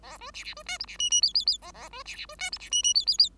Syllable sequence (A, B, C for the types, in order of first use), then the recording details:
A B C C B D E C F F G G G A A B C C B D E C F F G G G. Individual Bird5